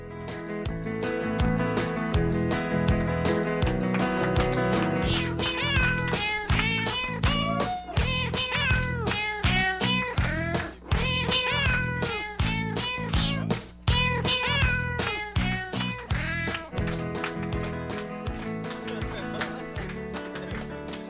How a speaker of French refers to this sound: Miaou, miaou, miaou.